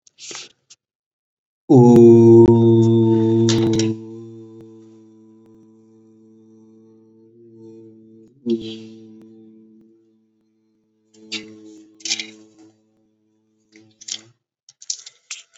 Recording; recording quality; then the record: sustained vowel as in boot; moderate, slight background noise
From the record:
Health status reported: COVID-19 positive, mild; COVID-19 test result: positive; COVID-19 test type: RT-PCR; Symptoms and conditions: cough, cold, sore throat, fatigue, muscle pain, diarrhoea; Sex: male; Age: 25 years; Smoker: no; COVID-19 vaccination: both doses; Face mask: not worn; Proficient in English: yes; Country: India